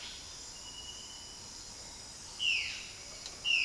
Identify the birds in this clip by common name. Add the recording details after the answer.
Violaceous Jay. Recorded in dense forest near Puerto Asís, Putumayo, Colombia, on 18 February 2024 at 07:30. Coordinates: 0.481, -76.318. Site G6421